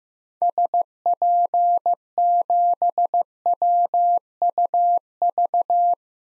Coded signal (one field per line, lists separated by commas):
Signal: Morse code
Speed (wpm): 15 wpm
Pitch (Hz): 700 Hz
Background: none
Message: SP7WUV